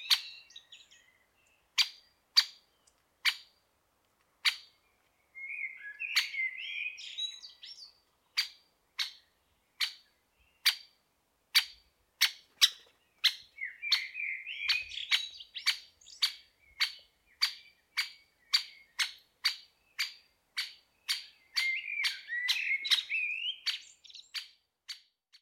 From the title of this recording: Great spotted woodpecker